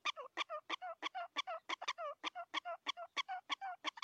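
Prairie dog giving crisp repeated two-part barks, a sharp click followed by a wavering tonal note, about three per second.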